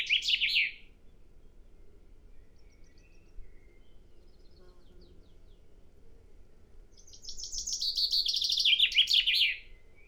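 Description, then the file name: Common chaffinch song: a brief phrase ends at the start, then after a quiet gap a full bright descending series of trilled notes closing in a flourish. "Fringilla coelebs"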